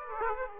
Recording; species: mosquito wingbeat signal from an infrared sensor; Aedes aegypti